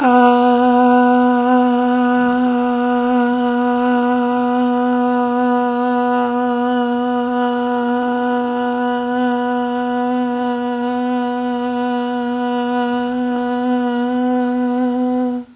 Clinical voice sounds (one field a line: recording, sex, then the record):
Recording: sustained vowel /a/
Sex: female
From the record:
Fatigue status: no fatigue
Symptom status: symptomatic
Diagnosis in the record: COVID-19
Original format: 3gp